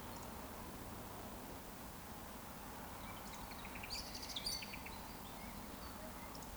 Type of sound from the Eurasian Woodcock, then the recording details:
whistle. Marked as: whistle, whistle, whistle. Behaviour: display flight. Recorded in Baden-Württemberg, Germany, on 13 June 2020 at 19:25 UTC. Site 14569, 102 m above sea level